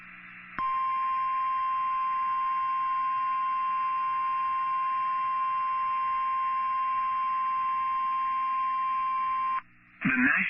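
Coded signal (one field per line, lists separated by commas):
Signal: Emergency Alert System (SAME) tones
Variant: 1050 Hz attention tone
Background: speech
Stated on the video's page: Tornado watch, particularly dangerous situation, on a NOAA weather radio transmitter.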